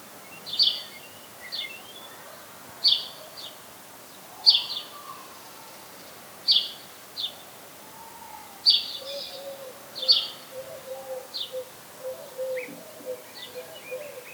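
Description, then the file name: House sparrow calls, clipped chirps in uneven bursts, with fainter lower notes in the background. "Passer domesticus"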